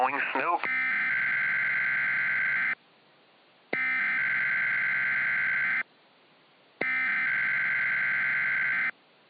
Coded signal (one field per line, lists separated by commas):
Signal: Emergency Alert System (SAME) tones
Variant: header bursts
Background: speech